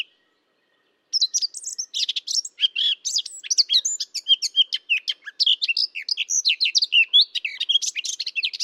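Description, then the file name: Eurasian blackcap song, a rapid run of varied chattering and whistled notes that starts after a second of silence and continues without a break. "Sylvia atricapilla"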